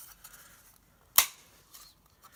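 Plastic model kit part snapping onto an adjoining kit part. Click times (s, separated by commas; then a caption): 1.2 s. A large plastic part of a Bandai 1:144 AT-AT model kit is pressed over another plastic part of the kit. Against quiet faint rustling, a loud, sharp snap rings out at 1.2 s. The part is seated and goes into place.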